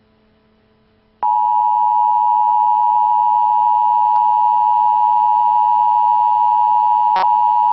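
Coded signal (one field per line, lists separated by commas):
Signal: Emergency Alert System (SAME) tones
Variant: 853 and 960 Hz attention tone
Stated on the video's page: Prank fake emergency broadcast alert for the Kansas City area, made to burn to DVD.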